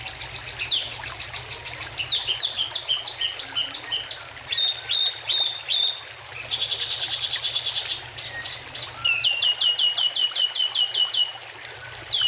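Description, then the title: Oriental magpie-robin song, a long run of quick repeated whistled notes, sweeps and a buzzy rattle, changing phrase every second or two over faint background noise. "Kicau Kacer"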